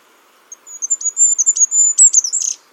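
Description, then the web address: Bird calling in a thin, very high series of whistled and chirping notes, quickening into a rapid jumble over about two seconds, with no other clear sounds. "birddata Deverinetal 2025"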